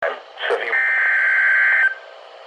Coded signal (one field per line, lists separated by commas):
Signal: Emergency Alert System (SAME) tones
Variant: header bursts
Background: speech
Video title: SEVERE THUNDERSTORM WARNING EAS · 13 ( READ DESCRIPTION ) - Diego Chavez DFW EAS